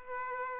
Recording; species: mosquito wingbeat signal from an infrared sensor; Aedes aegypti